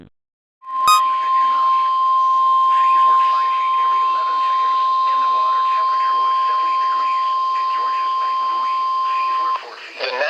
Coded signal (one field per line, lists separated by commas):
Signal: Emergency Alert System (SAME) tones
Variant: 1050 Hz attention tone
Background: speech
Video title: WATERSPOUTS RETURN! - Special Marine Warning [EAS #205]